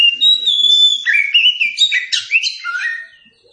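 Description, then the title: Oriental magpie-robin song: a sweet high whistle, then quick varied whistled notes jumping between pitches, before fading out. Kacer song used for training captive birds. "Masteran Ampuh Burung Kacer"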